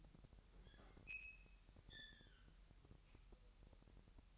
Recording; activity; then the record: daily activity, microphone in the room; open fridge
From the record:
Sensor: 3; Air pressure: 1001.9 hPa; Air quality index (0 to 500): 248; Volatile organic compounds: 52 ppm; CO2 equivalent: 3322 ppm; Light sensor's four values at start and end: 12/36/15/13 and 12/36/15/13